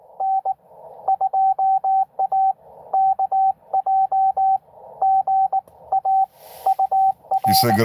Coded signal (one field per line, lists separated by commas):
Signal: Morse code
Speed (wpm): 19 wpm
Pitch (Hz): 770 Hz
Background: speech, radio noise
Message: N2AKJ GA UR